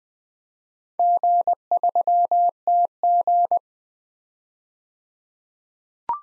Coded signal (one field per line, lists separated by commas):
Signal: Morse code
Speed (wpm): 20 wpm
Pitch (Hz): 700 Hz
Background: none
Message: G3TG